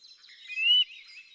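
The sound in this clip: Eurasian nuthatch call, a single clear whistled note rising slightly, over faint background bird twitter.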